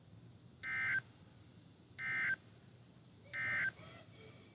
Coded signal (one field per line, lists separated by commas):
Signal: Emergency Alert System (SAME) tones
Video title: CENTRAL OHIO FLOODS (EAS 108-113)